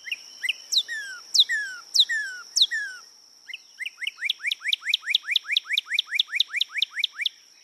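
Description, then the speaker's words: Northern Cardinal whistled song: several loud downslurred notes, a short pause, then a fast run of rising upslurred whistles, with a steady high tone running through most of it. Familiar bird of central and eastern states; makes its pure whistle by producing sound in left and right bronchial tubes simultaneously. "cardinal, a familiar bird of central and eastern states, creates its pure whistle by producing sound in its left and right bronchial tubes simultaneously."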